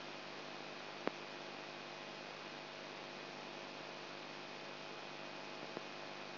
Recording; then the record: brain microelectrode recording played as sound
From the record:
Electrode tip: outside the subthalamic nucleus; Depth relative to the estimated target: -4 mm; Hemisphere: right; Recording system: AlphaMap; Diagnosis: Parkinson's disease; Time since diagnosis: 9 years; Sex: male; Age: 58 years